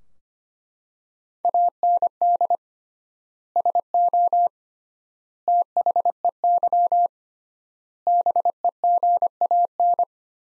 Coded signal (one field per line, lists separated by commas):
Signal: Morse code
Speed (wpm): 25 wpm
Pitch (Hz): 700 Hz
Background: none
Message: AND SO THEY BEGAN